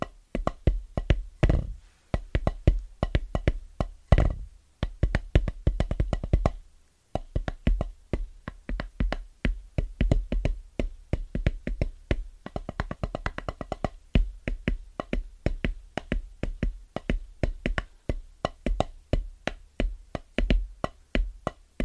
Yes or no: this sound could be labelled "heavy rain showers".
no